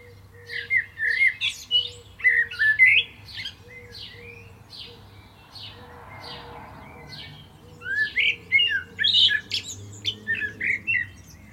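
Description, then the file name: Common blackbird singing rich, fluty warbles that break into high scratchy twitters, in phrases separated by pauses. A faint, steady low hum runs underneath. "Turdus merula"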